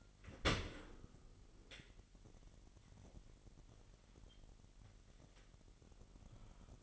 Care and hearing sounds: daily activity, microphone in the room; open dishwasher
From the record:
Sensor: 4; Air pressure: 999.2 hPa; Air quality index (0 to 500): 120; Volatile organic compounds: 2 ppm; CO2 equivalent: 1184 ppm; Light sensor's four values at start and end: 9/23/9/10 and 8/20/8/9

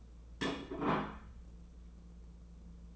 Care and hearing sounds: daily activity, microphone in the room; place plate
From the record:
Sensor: 1

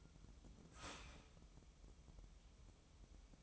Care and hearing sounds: daily activity, microphone in the room; start toaster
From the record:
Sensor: 1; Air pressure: 988.6 hPa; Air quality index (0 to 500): 197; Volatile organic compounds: 944 ppm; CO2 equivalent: 5240 ppm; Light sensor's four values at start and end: 25/94/35/37 and 25/94/35/37

